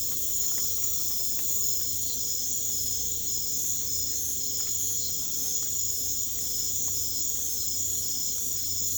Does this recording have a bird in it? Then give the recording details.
no. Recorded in pastures near Puerto Asís, Putumayo, Colombia, on 22 December 2024 at 20:30. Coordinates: 0.487, -76.322. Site GP09